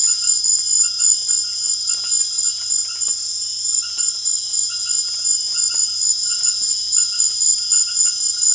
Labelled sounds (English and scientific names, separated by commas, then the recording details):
none
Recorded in secondary vegetation near Puerto Asís, Putumayo, Colombia, on 24 June 2025 at 19:30
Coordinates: 0.500, -76.326
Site GP08